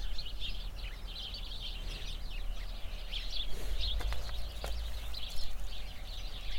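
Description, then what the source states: Sparrow chirping in a dense, overlapping chorus, constant chatter throughout, with steady low wind rumble beneath. Flock of sparrows in a bush near a cow pasture, Hupperdange, windy summer morning.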